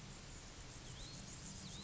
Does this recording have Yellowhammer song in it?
no